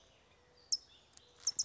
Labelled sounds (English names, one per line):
California Towhee